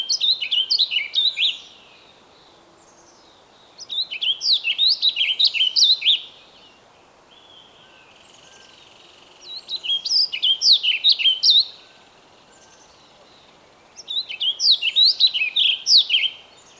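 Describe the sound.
Bird song with four similar phrases of quick, high warbling notes, each about two seconds long, separated by quiet gaps.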